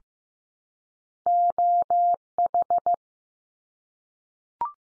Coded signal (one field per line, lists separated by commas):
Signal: Morse code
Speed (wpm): 15 wpm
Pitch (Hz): 700 Hz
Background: none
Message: OH